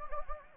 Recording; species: mosquito wingbeat signal from an infrared sensor; Anopheles gambiae